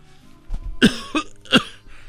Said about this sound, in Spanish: Oye, traigo mucha tos.